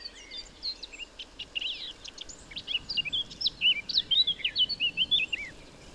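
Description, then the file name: Eurasian blackcap song: a scratchy, rapid chattering warble that builds into clearer, louder fluty whistled phrases toward the end, over a soft steady background hiss. "Sylvia atricapilla"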